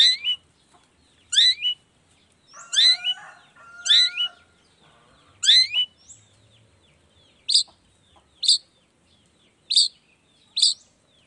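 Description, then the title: Long-tailed shrike song: sharp downslurred whistles and harsh notes in bursts, then a run of short high chips about once a second. Recorded in the morning; called a chattering, well-singing bird, with 'toet toet' voice variations, played to stimulate lazy shrikes to start singing. "Cendet Gacor Dor Di Kala Pagi Toet Toet Variasi Suara. Cendet Gacor Di Pagi Hari Rangsangan Emosi Cendet Malas Bunyi Supaya Secepatnya Ikutan Bunyi"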